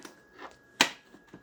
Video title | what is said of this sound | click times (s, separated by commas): How to change the labels and ink ribbon on Zebra printer | when you know that it's closed, you'll hear the click. | 0.8 s